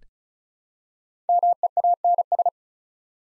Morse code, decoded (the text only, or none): MEANS